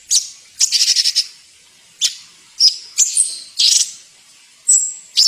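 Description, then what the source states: Bird calls: scattered harsh, scratchy bursts mixed with short thin whistles, irregularly spaced with gaps between them. Masteran recording, a tutor track played to teach songbirds.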